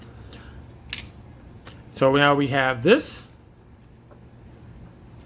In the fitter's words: So this locks into place, and these two tabs into the inside.